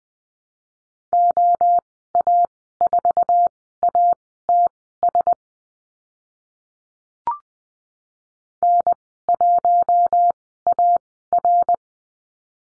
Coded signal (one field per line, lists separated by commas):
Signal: Morse code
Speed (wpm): 20 wpm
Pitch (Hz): 700 Hz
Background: none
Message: OA4ATS N1AR